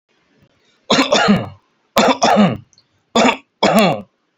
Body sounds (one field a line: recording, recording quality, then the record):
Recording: heavy voluntary cough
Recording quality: excellent, no background noise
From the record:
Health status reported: healthy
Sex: male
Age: 32 years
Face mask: not worn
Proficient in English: yes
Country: India